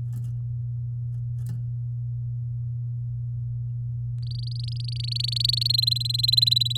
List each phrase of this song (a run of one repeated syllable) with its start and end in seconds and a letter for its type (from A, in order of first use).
4.23-5.67 A, 5.69-6.78 B